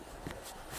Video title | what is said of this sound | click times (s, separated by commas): medicine night routine part one myotonic dystrophy | and i snap this cassette into place | 0.3 s